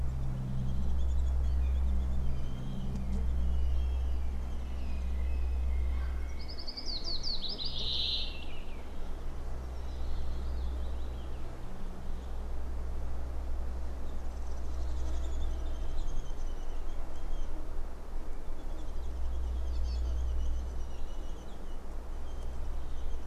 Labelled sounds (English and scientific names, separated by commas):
Willow Warbler (Phylloscopus trochilus)